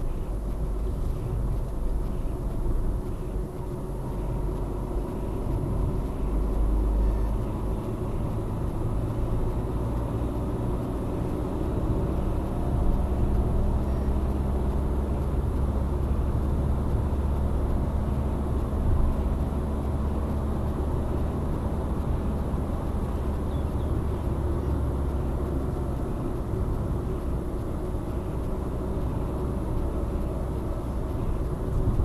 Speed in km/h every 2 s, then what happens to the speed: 52, 50, 51, 51, 59, 64, 68, 72, 71, 72, 74, 73, 69, 66, 64, 67.
0-6 steady at about 51. 6-19 speeds up to 74. 19-26 slows to 66. 26-32 steady at about 66.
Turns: none.